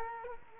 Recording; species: mosquito wingbeat signal from an infrared sensor; Culex quinquefasciatus